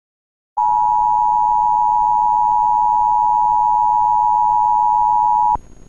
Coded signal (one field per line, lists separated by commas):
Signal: Emergency Alert System (SAME) tones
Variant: 853 and 960 Hz attention tone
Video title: "Emergency Alert System" EAS